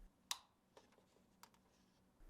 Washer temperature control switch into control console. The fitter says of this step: then install the new Switch and twist it until it locks in place